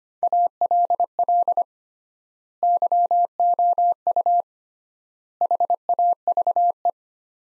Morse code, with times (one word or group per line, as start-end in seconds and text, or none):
0.2-1.6 ALL
2.6-4.4 YOU
5.4-6.9 HAVE